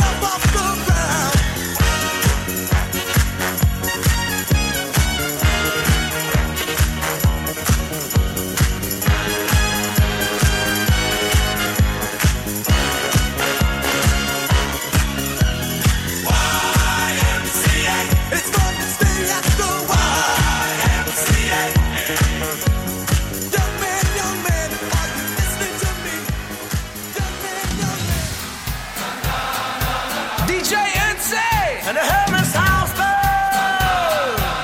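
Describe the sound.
A Friday evening at the St Savin bowling alley, filled with loud, dense music driven by a fast, regular beat that holds steady throughout. Around the 27-second mark the beat thins briefly, and near the end a few sliding, whistling tones rise and fall over the music.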